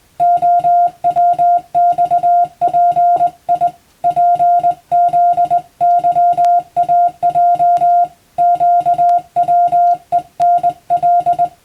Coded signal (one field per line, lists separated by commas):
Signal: Morse code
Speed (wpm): 20 wpm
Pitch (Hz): 700 Hz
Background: music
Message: OWXPI PZYAJ QWENL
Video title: 【Radio operator morse practice】This is a Morse code practice video. There is a morse exam in japan.